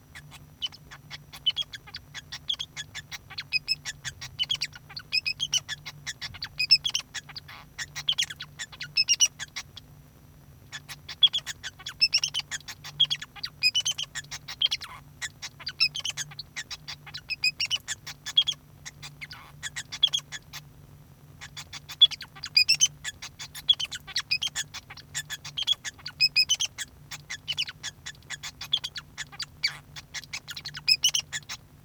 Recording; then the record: song of a male Bengalese finch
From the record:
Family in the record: son of father 2